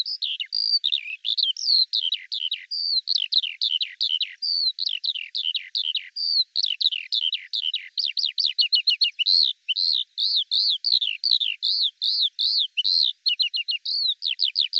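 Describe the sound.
Eurasian skylark pouring out a long, fast warbling song of chirps and downslurred notes, ending in quick repeated trilled phrases.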